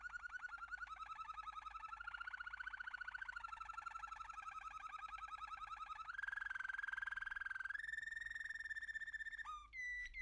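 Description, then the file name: American canary singing a long, steady rolling trill that shifts pitch in steps, ending with a couple of quick sweeping whistled notes. "canto do canario americano"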